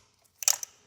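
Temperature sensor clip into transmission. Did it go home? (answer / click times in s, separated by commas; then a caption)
partly / 0.5 s. A new temperature sensor's plastic clip is pressed into a transmission, giving a faint tick near 0.3 s, then a burst of sharp clicks from about 0.4 to 0.5 s, with a final click at 0.6 s before the sound fades. The main click lands at 0.5 s but is weak rather than a satisfying snap, so the clip only partly gives a good click.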